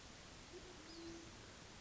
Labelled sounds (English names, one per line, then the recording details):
Band-tailed Pigeon
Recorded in Sonoma County, California